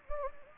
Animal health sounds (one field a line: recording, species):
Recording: mosquito wingbeat signal from an infrared sensor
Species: Anopheles gambiae